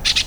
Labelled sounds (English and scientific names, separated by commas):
Brown-throated Parakeet (Eupsittula pertinax) contact call